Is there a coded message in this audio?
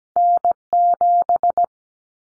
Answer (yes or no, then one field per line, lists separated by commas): yes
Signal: Morse code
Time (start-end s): 0.2-1.6 s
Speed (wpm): 17 wpm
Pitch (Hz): 700 Hz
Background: none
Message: N7